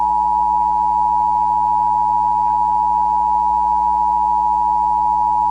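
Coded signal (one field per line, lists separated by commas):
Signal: Emergency Alert System (SAME) tones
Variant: 853 and 960 Hz attention tone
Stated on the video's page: Fictional EAS scenario.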